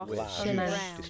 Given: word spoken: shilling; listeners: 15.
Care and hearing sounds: one English word in noise, from a listening test; four-talker babble; -0.9 dB; 0 of 15; 6 of 15; 0.70 s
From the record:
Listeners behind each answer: 6, 2, 1, 1, 1, 1, 1, 1, 1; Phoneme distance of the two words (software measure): 27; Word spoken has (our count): 2 syllables, 5 phonemes, stress on syllable 1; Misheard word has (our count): 2 syllables, 4 phonemes, stress on syllable 1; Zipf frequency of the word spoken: 3.30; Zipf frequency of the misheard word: 2.65

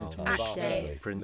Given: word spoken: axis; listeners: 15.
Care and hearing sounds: one English word in noise, from a listening test; four-talker babble; -2.7 dB; 3 of 15; 10 of 15; 0.84 s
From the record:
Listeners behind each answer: 10, 3, 2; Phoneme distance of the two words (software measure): 10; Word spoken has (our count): 2 syllables, 5 phonemes, stress on syllable 1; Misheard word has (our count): 2 syllables, 5 phonemes, stress on syllable 1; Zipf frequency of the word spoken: 3.25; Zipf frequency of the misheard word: 4.75

